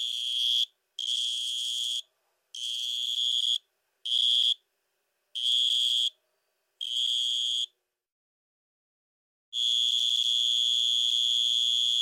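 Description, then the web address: Two-spotted tree cricket song: loud, pure trills near one pitch in bursts of about half a second to a second, separated by silences of up to about two seconds, ending in a long sustained trill. "Crickets and Katydids. Twospotted Tree Cricket, Neoxabea bipunctata"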